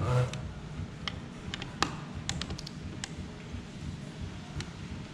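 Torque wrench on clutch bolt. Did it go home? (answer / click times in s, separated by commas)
yes / 1.8 s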